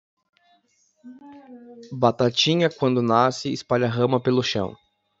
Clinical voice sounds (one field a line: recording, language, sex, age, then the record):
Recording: short text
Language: Brazilian Portuguese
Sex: male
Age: 30 to 39 years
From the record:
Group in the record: control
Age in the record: 36 years